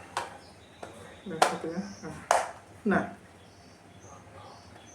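A second matching plastic part is fitted into a VR goggle housing and snaps in with a sharp click at 0.2 s, confirming it is seated. A fainter tick follows at about 0.8 s, and then someone talks over the rest of the clip.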